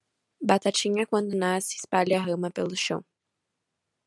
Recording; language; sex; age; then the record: short text; Brazilian Portuguese; female; 18 to 19 years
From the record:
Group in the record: control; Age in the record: 19 years